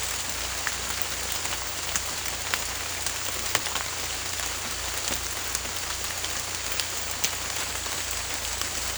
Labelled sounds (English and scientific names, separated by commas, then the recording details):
none
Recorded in secondary vegetation near Puerto Asís, Putumayo, Colombia, on 18 December 2024 at 00:30
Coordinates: 0.488, -76.319
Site GP04